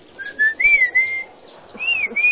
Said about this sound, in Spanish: Precisamente ahí estaba el chiflido mazateco.